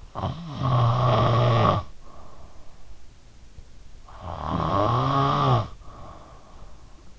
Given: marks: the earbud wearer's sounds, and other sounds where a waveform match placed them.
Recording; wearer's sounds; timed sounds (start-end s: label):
sounds in sleep by an in-ear microphone; snoring breath
0.00-2.55 s: snoring breath
4.01-6.78 s: snoring breath